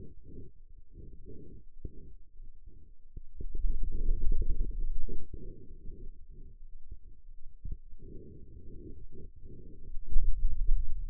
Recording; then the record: forearm muscle sounds (acoustic myography)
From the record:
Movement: hand opening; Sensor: system 2, bracelet of six BSWA MPA416 microphones around the upper forearm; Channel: 5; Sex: male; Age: 22 years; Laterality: right